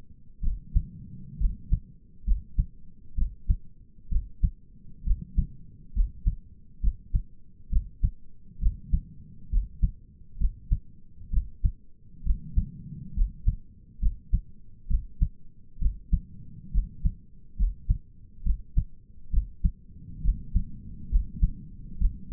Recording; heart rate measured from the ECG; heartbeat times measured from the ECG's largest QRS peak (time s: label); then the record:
heart sounds by stethoscope; 67 bpm
0.43 s: heartbeat
1.40 s: heartbeat
2.26 s: heartbeat
3.17 s: heartbeat
4.11 s: heartbeat
5.06 s: heartbeat
5.95 s: heartbeat
6.82 s: heartbeat
7.71 s: heartbeat
8.61 s: heartbeat
9.51 s: heartbeat
10.40 s: heartbeat
11.32 s: heartbeat
12.25 s: heartbeat
13.16 s: heartbeat
14.01 s: heartbeat
14.89 s: heartbeat
15.81 s: heartbeat
16.73 s: heartbeat
17.58 s: heartbeat
18.45 s: heartbeat
19.32 s: heartbeat
20.24 s: heartbeat
21.11 s: heartbeat
22.00 s: heartbeat
From the record:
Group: healthy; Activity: rest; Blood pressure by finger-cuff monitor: 101/66 mmHg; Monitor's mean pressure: 77 mmHg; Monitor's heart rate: 67 bpm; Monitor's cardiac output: 5.7 L/min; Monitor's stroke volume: 85 mL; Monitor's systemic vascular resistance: 980 dyn s/cm5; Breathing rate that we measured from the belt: 16 breaths a minute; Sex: male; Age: 22 years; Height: 181 cm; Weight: 79 kg